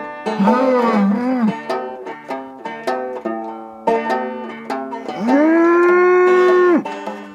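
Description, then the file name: Cow mooing: a short rising-falling moo early on, then a long steady moo near the end, amid a run of short, stepped tonal notes. "kuh"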